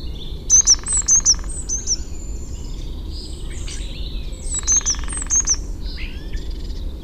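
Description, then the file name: Eurasian blue tit call: high piercing notes together with a dry buzzing churr, the sequence given twice, over steady background hiss. "Cyanistes caeruleus"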